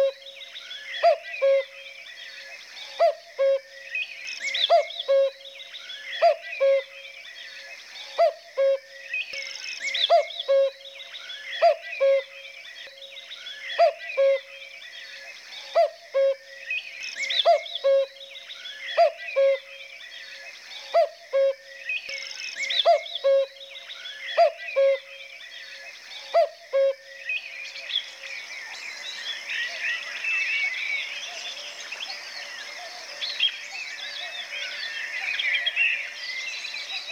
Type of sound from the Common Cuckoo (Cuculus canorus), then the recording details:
song. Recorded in the wild. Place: Flögelner See, Schleswig-Holstein, DE. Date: 1985-05-17. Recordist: Schwarz, Dieter. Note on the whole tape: Song